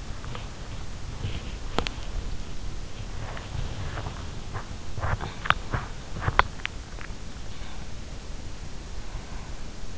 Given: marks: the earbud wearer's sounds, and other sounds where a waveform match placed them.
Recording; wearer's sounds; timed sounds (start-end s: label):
sounds in sleep by an in-ear microphone; teeth grinding, talking in sleep
0.00-2.74 s: teeth grinding
3.16-7.13 s: teeth grinding
4.67-5.70 s: talking in sleep